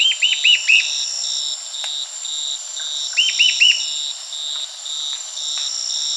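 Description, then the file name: Bird gives two sets of arched, quickly repeated notes about three seconds apart, while insects buzz steadily at a high pitch and a few clicks sound. "SABIOD 50 bird 2015"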